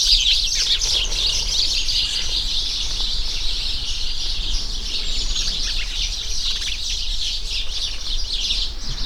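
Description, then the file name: House sparrows chirping constantly as a flock, overlapping sharp cheeps throughout, over persistent low-frequency background noise. "Passer domesticus"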